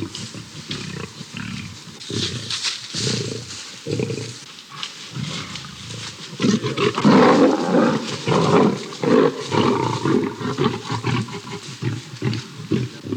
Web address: lion-fight-2